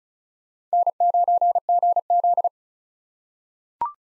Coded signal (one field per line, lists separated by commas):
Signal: Morse code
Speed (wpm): 36 wpm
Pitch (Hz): 700 Hz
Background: none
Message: N9GZ